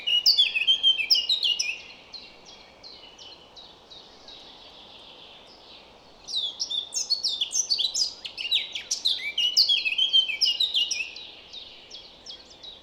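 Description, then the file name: Eurasian blackcap song: a loud scratchy twittering phrase, a quieter stretch of faint notes, then a second long, energetic burst of rapid high notes. "Sylvia atricapilla"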